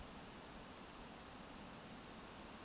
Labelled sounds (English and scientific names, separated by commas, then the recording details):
Eurasian Woodcock (Scolopax rusticola) whistle
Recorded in Baden-Württemberg, Germany, on 16 May 2020 at 02:34 UTC
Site 46190, 1214 m above sea level